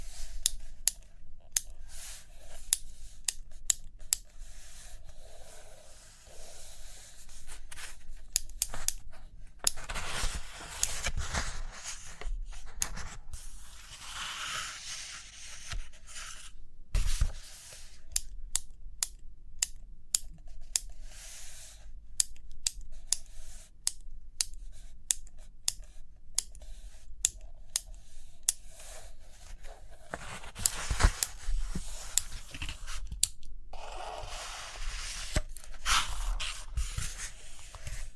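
Paper pages turn and pens or pencils scratch and tap across a surface. Sharp taps and clicks repeat irregularly throughout, with denser scratching passages of drawing around 10–15 seconds and again near 30–37 seconds, over a faint low hum.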